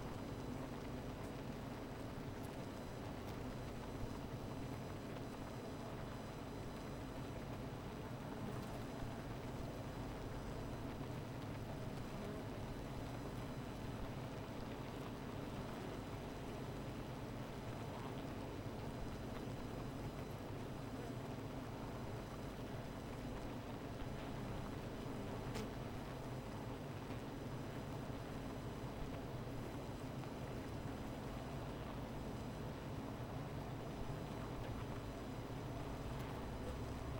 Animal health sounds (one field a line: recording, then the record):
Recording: honeybee colony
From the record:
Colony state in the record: missing queen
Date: 14 July 2017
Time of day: 17:10